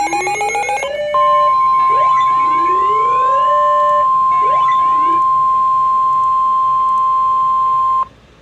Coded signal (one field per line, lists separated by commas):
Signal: Emergency Alert System (SAME) tones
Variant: 1050 Hz attention tone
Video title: EAS 616 - Severe Thunderstorm Warning